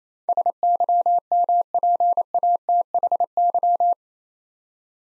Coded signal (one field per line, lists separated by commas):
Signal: Morse code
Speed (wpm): 28 wpm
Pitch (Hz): 700 Hz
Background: none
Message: SYMPATHY